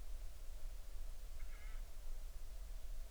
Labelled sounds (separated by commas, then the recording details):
bird
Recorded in the Arctic National Wildlife Refuge, Alaska, on 20 July 2019 at 02:41
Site 38